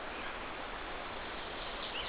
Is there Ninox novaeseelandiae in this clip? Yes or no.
no